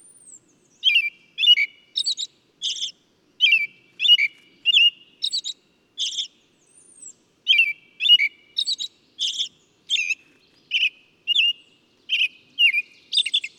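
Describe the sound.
Bird sings a steady stream of quick chirps and twittering notes, with a pause midway. Two thin, high arched whistles are also heard.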